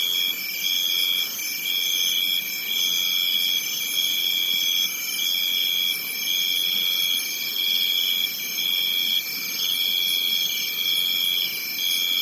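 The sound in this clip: Crickets: a loud piping note pulsed in short regular bursts, about one per second, above a constant high-pitched insect trill.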